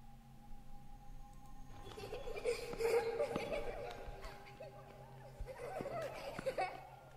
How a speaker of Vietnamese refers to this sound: Tiếng bước chân càng lúc càng nhanh, tựa như là có ai đó đang chạy đuổi nhau ở ngoài vườn. Con Hoa căng tai lắng nghe, còn có tiếng là trẻ con nó cười, nó chạy nhảy khúc khích.